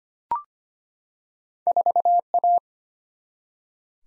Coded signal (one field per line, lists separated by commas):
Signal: Morse code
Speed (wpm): 25 wpm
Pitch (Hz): 700 Hz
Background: none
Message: 4A